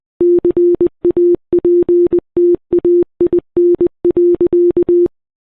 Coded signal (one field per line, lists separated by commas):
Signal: Morse code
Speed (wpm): 20 wpm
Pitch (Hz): 350 Hz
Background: none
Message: CAPTAIN.